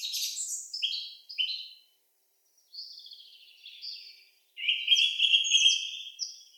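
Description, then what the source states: Song thrush song: repeated sharp notes, brief pause, softer twittering phrase, then loud repeated ringing phrases. Recorded 25 April 2015.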